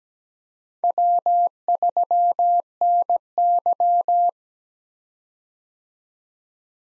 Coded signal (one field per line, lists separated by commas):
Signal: Morse code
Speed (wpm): 17 wpm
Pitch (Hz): 700 Hz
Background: none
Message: W3NY